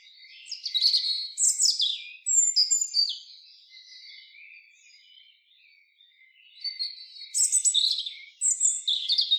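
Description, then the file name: European robin song, high trickling phrases of whistles and fast trills, a quieter softer stretch in the middle, then a fresh bright burst of notes. "Erithacus rubecula"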